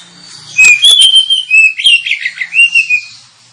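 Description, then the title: Oriental magpie-robin singing a fast phrase of bright slurred whistles interleaved with harsh, rasping notes, varied and rapid. Lure recording meant to provoke kacer into fighting and singing at once, delivering full, rapid bursts of song. "Kacer Langsung Tarung Konslet KACER NGOTOT FULL TEMBAKAN. Kacer dimana SAJA Bakalan NGEPLONG GACOR dengan Pancingan Kacer ini"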